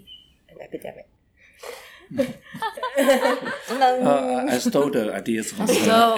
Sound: laughing